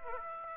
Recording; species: mosquito wingbeat signal from an infrared sensor; Aedes aegypti